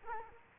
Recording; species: mosquito wingbeat signal from an infrared sensor; Culex quinquefasciatus